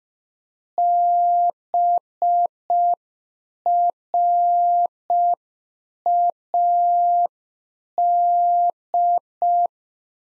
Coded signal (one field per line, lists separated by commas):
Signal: Morse code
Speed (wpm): 5 wpm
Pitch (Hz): 700 Hz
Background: none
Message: BRAD